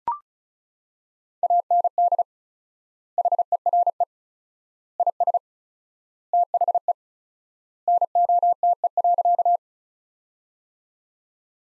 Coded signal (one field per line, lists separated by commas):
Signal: Morse code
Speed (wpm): 36 wpm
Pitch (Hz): 700 Hz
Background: none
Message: AND HERE IS THE NOTE.